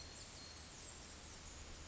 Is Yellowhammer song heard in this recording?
no